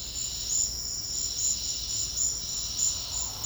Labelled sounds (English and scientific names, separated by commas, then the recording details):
none
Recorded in secondary vegetation near Puerto Asís, Putumayo, Colombia, on 4 March 2025 at 10:30
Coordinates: 0.484, -76.319
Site G010